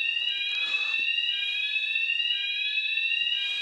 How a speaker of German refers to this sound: Alarm.